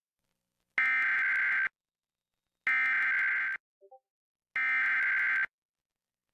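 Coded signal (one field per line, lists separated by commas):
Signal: Emergency Alert System (SAME) tones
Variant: header bursts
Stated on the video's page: Received on KTBN TV for Inyo County: Evacuation Immediate (EVI) fire alert, plus a Fire Warning (FRW).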